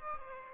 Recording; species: mosquito wingbeat signal from an infrared sensor; Aedes aegypti